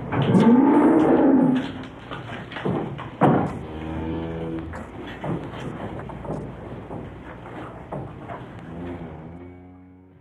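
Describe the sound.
Cow mooing, a loud moo at the start followed by quieter drawn-out moos.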